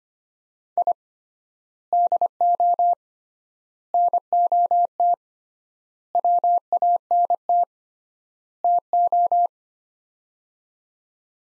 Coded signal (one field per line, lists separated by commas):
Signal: Morse code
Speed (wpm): 25 wpm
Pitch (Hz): 700 Hz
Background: none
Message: I DO NOT WANT TO